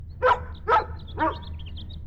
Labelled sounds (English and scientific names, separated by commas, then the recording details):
House Finch (Haemorhous mexicanus) song
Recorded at Oceanside on Long Island, New York, on 17 June 1975
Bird A